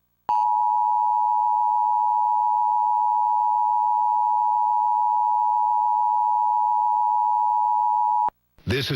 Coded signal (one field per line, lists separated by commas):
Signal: Emergency Alert System (SAME) tones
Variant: 853 and 960 Hz attention tone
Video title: 12-11-18 Colorado Required Monthly Tests (EAS #269 - #270)